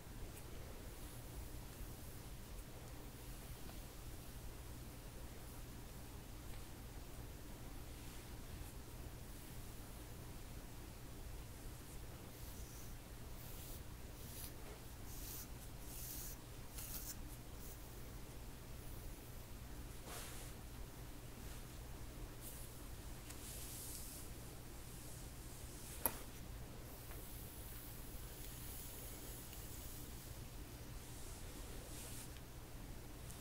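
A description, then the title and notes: Soft hair brushing and handling, with steady scratchy strokes and light rustling running through the whole recording. A constant low hum sits underneath. A brief sharp tap stands out around the 26-second mark. Hair brushing, hair play, hair styling.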